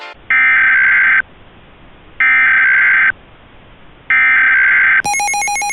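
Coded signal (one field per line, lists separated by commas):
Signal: Emergency Alert System (SAME) tones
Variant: header bursts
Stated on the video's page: Mock EAS SAME header for a fictional springtime snowstorm scenario, with valid tones; not a real alert.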